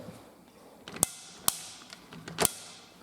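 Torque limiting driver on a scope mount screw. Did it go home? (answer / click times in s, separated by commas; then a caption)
yes / 1.0 s, 1.5 s, 2.4 s. A screwdriver-style torque limiting driver tightens a scope mount screw, with a few faint ticks of turning before three sharp clicks at 1.0, 1.5 and 2.5 seconds. The limiter clicks at its setting, meaning the screw is tightened and the repair is complete.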